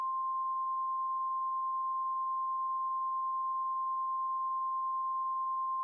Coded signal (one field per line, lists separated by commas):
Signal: Emergency Alert System (SAME) tones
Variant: 1050 Hz attention tone